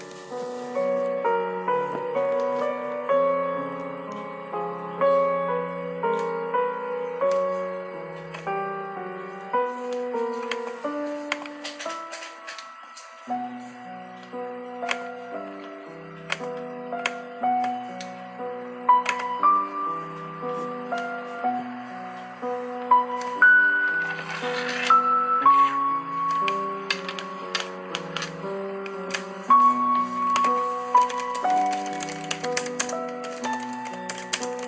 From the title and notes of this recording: Soft piano music. Pencil, flipping pages and typing ASMR. There's sound of typing on the keyboard and stuff.